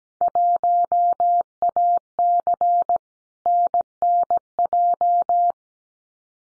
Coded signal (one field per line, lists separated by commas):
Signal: Morse code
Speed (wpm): 17 wpm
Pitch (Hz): 700 Hz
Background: none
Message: 1AC NNJ